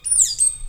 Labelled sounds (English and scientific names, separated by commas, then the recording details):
Stitchbird (Notiomystis cincta) song
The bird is a male
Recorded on Tiritiri Matangi Island, New Zealand, in 2005
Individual 11, of nest box 13